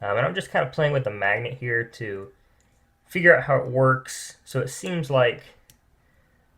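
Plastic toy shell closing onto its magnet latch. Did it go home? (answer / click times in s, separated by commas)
yes / 5.7 s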